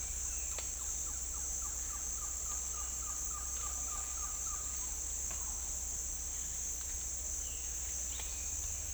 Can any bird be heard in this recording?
yes